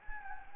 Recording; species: mosquito wingbeat signal from an infrared sensor; Anopheles gambiae